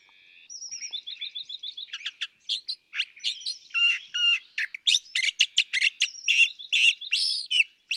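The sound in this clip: California thrasher song, a long varied run of phrases: whistled trills, harsh notes and sharp chips.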